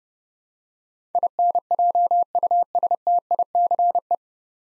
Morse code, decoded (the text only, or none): INJUSTICE